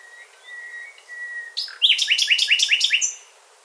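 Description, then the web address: Bird calling: a thin steady whistle is followed by a quick series of several sharp, downslurred chirps repeated evenly, with little else heard. "Bird Only"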